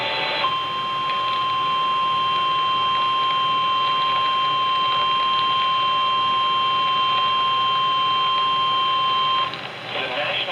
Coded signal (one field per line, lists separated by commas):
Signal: Emergency Alert System (SAME) tones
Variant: 1050 Hz attention tone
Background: speech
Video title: EAS A RISK OF SEVERE TREAT THE RISK UNEXPECTED EAS Alerts from 7/22/23 7/23/23 (EAS#420 & #430)